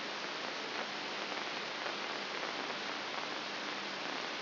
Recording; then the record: brain microelectrode recording played as sound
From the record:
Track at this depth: inside the subthalamic nucleus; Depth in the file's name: 3.502 mm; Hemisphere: left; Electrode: 3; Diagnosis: Parkinson's disease